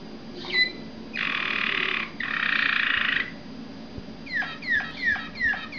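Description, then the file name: Waterslager canary singing two long, rich, bubbling rolls, then a series of sharp descending whistled notes repeated about every third of a second. "malinois waterslager omkicau"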